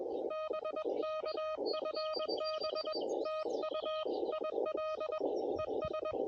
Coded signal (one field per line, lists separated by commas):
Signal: Morse code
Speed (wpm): 21 wpm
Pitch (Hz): 1250 Hz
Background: none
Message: BK FB TU IL ES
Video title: CW POTA W/Elecraft KH1